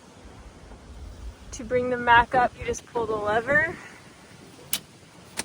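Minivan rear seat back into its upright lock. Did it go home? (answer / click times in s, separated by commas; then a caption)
yes / 4.7 s. A rear seat back of a 2025 Honda Odyssey Sport-L minivan is pulled upright with its lever and locks into its upright latch. Someone talks from about 1.6 to 3.7 seconds over a quiet background. A sharp click at 4.7 seconds marks the seat back seating in place, followed by a smaller tick at 5.4 seconds.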